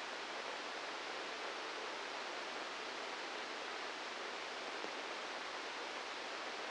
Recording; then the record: brain microelectrode recording played as sound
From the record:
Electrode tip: inside the subthalamic nucleus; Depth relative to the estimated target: 1 mm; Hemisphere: left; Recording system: NeuroSet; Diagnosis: Parkinson's disease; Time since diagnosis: 10 years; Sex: male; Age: 63 years